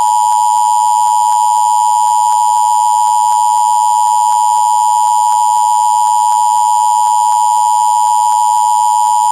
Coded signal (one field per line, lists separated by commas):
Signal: Emergency Alert System (SAME) tones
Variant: 853 and 960 Hz attention tone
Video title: EAS Severe Thunderstorm Warning